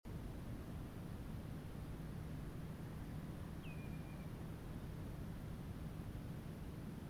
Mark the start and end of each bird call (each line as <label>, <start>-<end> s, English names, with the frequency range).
Common Redshank (2.2-3.5 kHz), 3.62-4.31 s